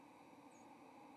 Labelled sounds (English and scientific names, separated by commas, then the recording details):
White-throated Sparrow (Zonotrichia albicollis) flight call
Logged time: 10:04 on 30 October 2014